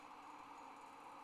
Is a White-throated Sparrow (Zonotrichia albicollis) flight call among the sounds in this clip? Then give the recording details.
no. No flight call is heard. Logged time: 04:25 on 30 November 2014